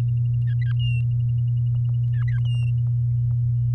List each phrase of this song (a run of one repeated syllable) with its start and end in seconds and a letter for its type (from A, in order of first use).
0.47-0.72 A, 0.79-1.01 B, 2.13-2.39 A, 2.45-2.71 B